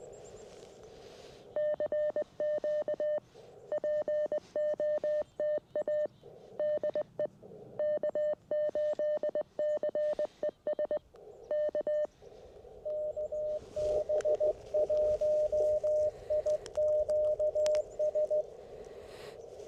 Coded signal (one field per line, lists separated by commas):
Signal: Morse code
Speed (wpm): 20 wpm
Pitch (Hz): 600 Hz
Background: radio noise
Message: CQ POTA DE K8CES K KB1IQS